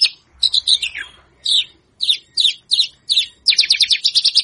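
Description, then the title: Javan bush lark singing loud, slurred chirps that dip downward, then a fast rattling string of high notes at the end. Local name branjangan; song described as super isian istimewa, an excellent filled song. "Branjangan Super Isian Istimewa"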